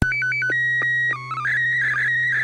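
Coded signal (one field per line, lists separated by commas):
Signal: SSTV (slow-scan television)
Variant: PD 120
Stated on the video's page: SSTV net on an FM repeater at 441.30 MHz.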